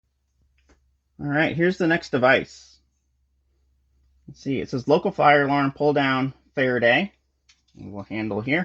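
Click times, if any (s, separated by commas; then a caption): none. Someone talks while handling the small handle of a Faraday 10123 local fire alarm pull station, with only two faint ticks near 0.6 and 0.7 s before the speech. The handle has not yet been pulled down, and nothing has latched or clicked yet.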